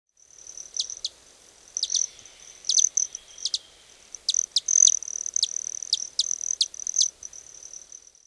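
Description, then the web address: Selasphorus hummingbird giving very high, thin, sharp chips in irregular bursts over a steady high buzzy tone, some chips doubled or tripled. "three colored selasphorus"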